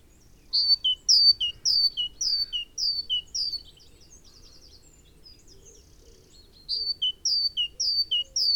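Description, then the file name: Great tit song of repeated high-low two-note phrases, trailing into faint buzzy notes, silence, then the strophe starting again. "Parus major"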